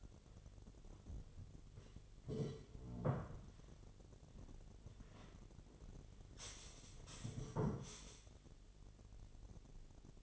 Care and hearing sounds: daily activity, microphone in the room; sit down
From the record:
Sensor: 4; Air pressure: 1008.7 hPa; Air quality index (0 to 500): 170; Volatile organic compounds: 5 ppm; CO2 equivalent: 1711 ppm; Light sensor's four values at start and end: 23/72/27/26 and 23/72/27/26

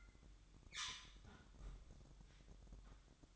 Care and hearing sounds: daily activity, microphone in the room; close fridge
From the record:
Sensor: 3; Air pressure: 1007.8 hPa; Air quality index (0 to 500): 69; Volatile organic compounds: 1 ppm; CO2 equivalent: 639 ppm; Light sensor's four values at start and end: 12/29/12/12 and 12/29/12/12

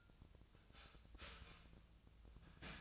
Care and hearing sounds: daily activity, microphone in the room; start toaster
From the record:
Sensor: 2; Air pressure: 1009.1 hPa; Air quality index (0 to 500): 185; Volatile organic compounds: 11 ppm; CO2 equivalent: 2297 ppm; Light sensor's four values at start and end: 23/57/24/26 and 23/57/24/26

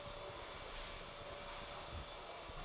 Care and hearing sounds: daily activity, microphone in the room; vacuum cleaning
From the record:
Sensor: 5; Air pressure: 1012.0 hPa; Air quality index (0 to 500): 247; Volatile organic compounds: 5 ppm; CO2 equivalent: 1706 ppm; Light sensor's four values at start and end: 36/84/34/35 and 36/84/34/35

